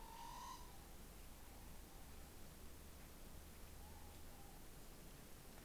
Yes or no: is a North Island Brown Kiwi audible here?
no